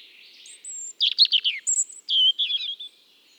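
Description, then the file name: European robin song: thin high drawn-out whistles mixed with quick tumbling bursts of chirps and slurred notes, with faint background hiss. "Erithacus rubecula"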